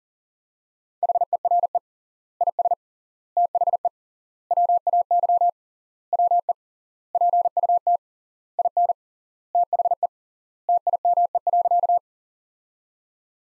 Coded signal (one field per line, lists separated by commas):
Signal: Morse code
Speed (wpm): 40 wpm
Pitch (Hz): 700 Hz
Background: none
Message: HERE IS THE WAY WE PUT IN THE TIME.